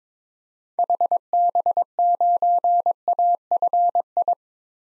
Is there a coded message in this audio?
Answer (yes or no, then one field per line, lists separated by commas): yes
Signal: Morse code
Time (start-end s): 0.8-4.3 s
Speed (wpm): 21 wpm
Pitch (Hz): 700 Hz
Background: none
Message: HB9AFI